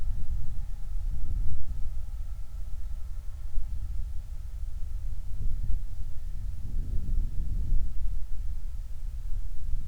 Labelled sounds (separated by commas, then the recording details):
wind
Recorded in the Prudhoe Bay oil fields, Alaska, on 29 July 2019
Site 29